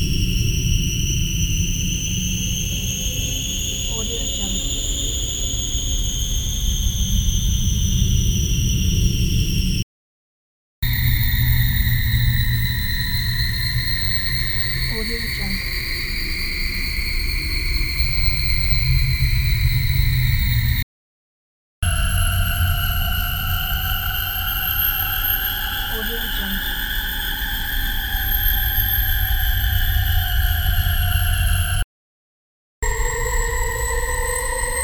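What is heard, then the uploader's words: A UFO scanner hums with a steady tone, its pitch slowly rising and falling in smooth waves over a deep, constant rumble. The sound cuts out abruptly to silence three times, around 10, 21 and 32 seconds, then resumes at a new pitch. Ufo Scanner.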